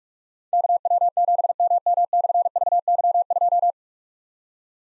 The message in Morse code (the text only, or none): KW7MM/VY2